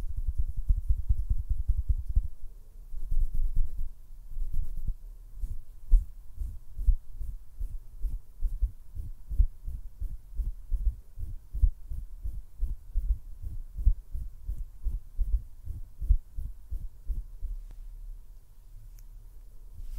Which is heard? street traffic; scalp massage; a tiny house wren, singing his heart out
scalp massage